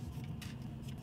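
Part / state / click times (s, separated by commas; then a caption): plastic rim protector onto car alloy wheel rim / not seated / none. A BASENOR plastic rim protector strip for a 21-inch Tesla Model Y alloy wheel is handled and pushed against the edge of the rim, with steady rubbing and scraping and a brief louder scrape at 0.4 seconds. Nothing has seated or clicked into place yet.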